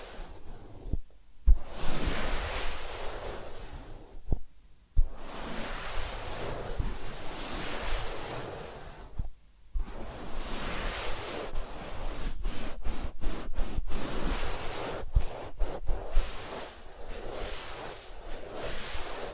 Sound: Massage, Ear Cleaning and Spa